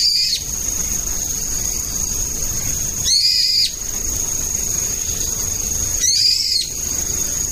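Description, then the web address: Brown-eared bulbul giving three loud, shrill, strained calls about three seconds apart, over a steady high-pitched insect-like whine and faint background hiss. Autumn. "sikioto birds akihiyodori"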